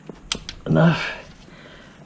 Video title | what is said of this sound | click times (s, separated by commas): Jetta Tune Up, thermostat & temperature sensor repair | then it just snaps right in there put your sensor back on top | 0.3 s